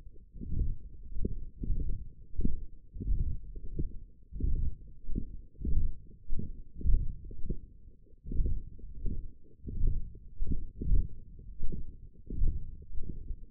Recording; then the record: forearm muscle sounds (acoustic myography)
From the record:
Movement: hand closing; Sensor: system 1, eight BSWA MPA416 microphones around the upper forearm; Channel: 7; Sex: male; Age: 21 years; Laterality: right